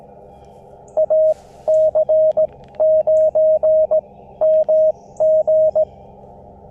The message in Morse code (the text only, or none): AC9MG